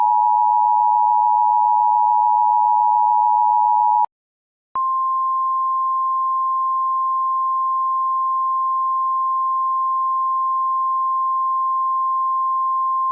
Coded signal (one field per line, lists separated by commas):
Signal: Emergency Alert System (SAME) tones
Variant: 853 and 960 Hz attention tone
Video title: EAS Classic: The EAS Interrupts Microsoft Mike Reads Computer Errors Part 4 (Original Re-Edit)